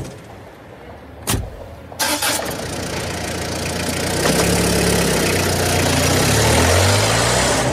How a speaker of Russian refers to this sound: Подскакивая на ухабах и отчаянно дребезжа металлическими внутренностями, Рафик поехал вперед.